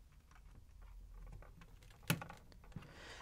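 The backup battery plug of a 2GIG GC2 alarm panel is connected back into the panel. Light handling and tapping noises lead up to one sharp click at 2.1 seconds as the plug seats, followed by a few softer taps.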